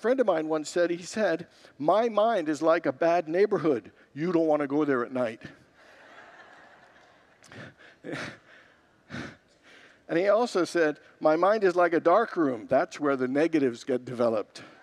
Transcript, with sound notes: A friend of mine once said, “My mind is like a bad neighborhood; you don’t want to go there at night.” [Congregants laugh] And he also said, “My mind is like a darkroom; that’s where the negatives get developed.”